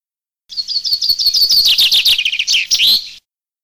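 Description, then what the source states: Common chaffinch singing one full phrase, a bright accelerating run of repeated notes tumbling downward and finishing in an emphatic flourish, otherwise silent. Filtered.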